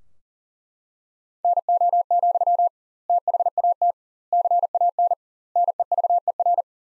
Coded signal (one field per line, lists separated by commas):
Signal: Morse code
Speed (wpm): 40 wpm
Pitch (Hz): 700 Hz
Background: none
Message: NO, THAT CAN NEVER